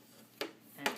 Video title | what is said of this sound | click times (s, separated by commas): Cleaning your Fresh Air Purifier | it snaps back in place | 0.4 s, 0.9 s